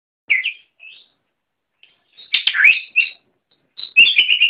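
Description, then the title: Oriental magpie-robin song with sparse, varied phrases: short whistled notes, a pause, then louder warbled and scratchy bursts ending in a quick trill. "Kicau Kacer"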